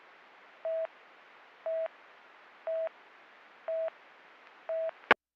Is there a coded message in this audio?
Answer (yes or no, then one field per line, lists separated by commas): no